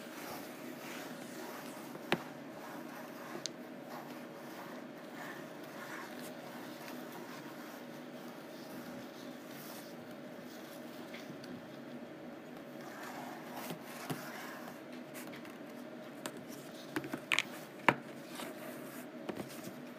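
Rough canvas is scratched in a steady low rasp under a faint hum, with sharp taps near two seconds and a cluster around seventeen seconds.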